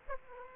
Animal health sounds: mosquito wingbeat signal from an infrared sensor; Aedes aegypti

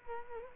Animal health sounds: mosquito wingbeat signal from an infrared sensor; Culex quinquefasciatus

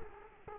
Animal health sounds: mosquito wingbeat signal from an infrared sensor; Culex quinquefasciatus

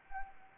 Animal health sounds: mosquito wingbeat signal from an infrared sensor; Anopheles arabiensis

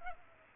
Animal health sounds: mosquito wingbeat signal from an infrared sensor; Culex pipiens

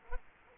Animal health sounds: mosquito wingbeat signal from an infrared sensor; Culex quinquefasciatus

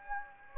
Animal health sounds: mosquito wingbeat signal from an infrared sensor; Anopheles gambiae

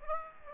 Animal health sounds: mosquito wingbeat signal from an infrared sensor; Aedes aegypti

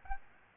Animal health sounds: mosquito wingbeat signal from an infrared sensor; Aedes albopictus

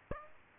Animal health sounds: mosquito wingbeat signal from an infrared sensor; Aedes aegypti

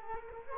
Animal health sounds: mosquito wingbeat signal from an infrared sensor; Culex quinquefasciatus

